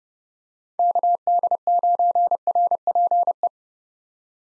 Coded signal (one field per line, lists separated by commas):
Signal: Morse code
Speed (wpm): 31 wpm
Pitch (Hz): 700 Hz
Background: none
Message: KD9RPE